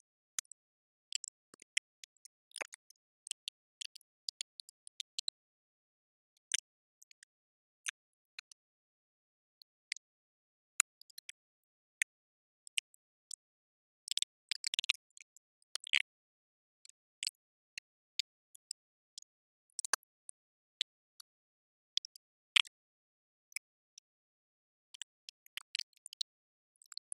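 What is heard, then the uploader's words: Slick, sloppy pops and clicks come in quick irregular bursts over near-total silence, very bright with almost no low end. Sparse at first, the sounds grow busier and denser in the middle stretch, then scatter again toward the end. Sopping wet man mouth, clicking juicy pops directly into your ears. Slick, sloppy pops and clicks.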